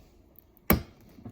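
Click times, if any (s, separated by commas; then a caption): 0.7 s. A stock CPU cooler is lined up over an ASUS PRIME B760M-A AX motherboard, and its push pins are pressed down into the mounting holes. One loud, sharp click at 0.7 s marks a pin seating. Faint ticks come before it, and a soft knock follows near 1.3 s.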